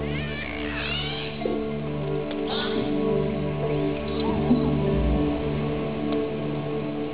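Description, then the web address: Dolphin whistles, a few high looping and rising sweeps early on, then sparse faint whistles over a steady low hum. "legacy kft sounds dolphins"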